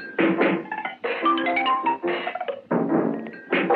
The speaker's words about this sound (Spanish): Es más, ese ratón podía tocar lo que fuera. Clásico. Percusiones.